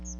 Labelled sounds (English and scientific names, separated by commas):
Chestnut-sided Warbler (Setophaga pensylvanica) flight call